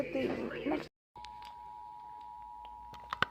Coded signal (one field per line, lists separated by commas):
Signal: Emergency Alert System (SAME) tones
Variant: 853 and 960 Hz attention tone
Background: speech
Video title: Election Day Massachusetts Required Monthly Test (EAS 1483 - 1503)